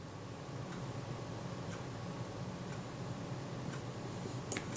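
During strip-down of a Retina Reflex III camera body, a screwdriver is pressed harder against a tight small screw over a steady low hum, with faint regular ticks about once per second. At 4.5 s the blade cams out of the screw head with a sharp slipping click, followed by smaller clicks, leaving the screw head stripped.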